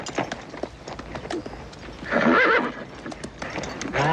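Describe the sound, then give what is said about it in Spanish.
A chestnut horse lets out a loud, shaky whinny midway through while its hooves stamp and shuffle restlessly in irregular bursts as it struggles to break loose from its tether. “Su caballo se agita pugnando por desatarse.”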